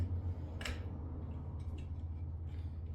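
A second PCIe power connector is pushed into the power socket of a graphics card, giving a short rustle and a latch click at about 0.7 s over a steady low hum, with a faint tick near 1.8 s. The connector is seated and clicked in, the same way as the first.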